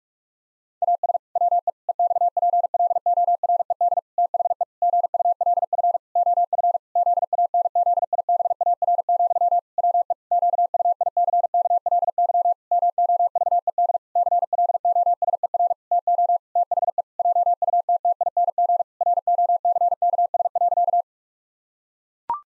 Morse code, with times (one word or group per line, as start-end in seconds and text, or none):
0.8-1.2 AS
1.4-1.7 WE
1.9-4.0 EXPLORED
4.2-4.6 THE
4.8-6.0 GULF
6.2-6.8 OF
7.0-9.6 ZANZIBAR,
9.8-10.1 WE
10.3-12.5 QUICKLY
12.7-14.0 MOVED
14.2-15.7 CLOSER
15.9-16.4 TO
16.6-17.0 THE
17.2-18.8 JUTTING
19.0-21.0 ROCKS.